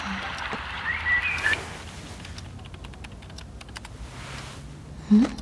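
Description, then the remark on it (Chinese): Someone types on a computer keyboard while playing the online game Glory early in the morning, a run of quick, irregular key clicks at a modest level, with faint chirping early on and a short rising tone near the end. “不对啊，这不是在星星啊，哪里来的键盘声？”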